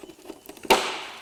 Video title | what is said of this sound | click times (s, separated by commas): Discovery 3 - Fitting Discovery 4 Rear Lights | so we'll refit that first clicked into place like that | 0.7 s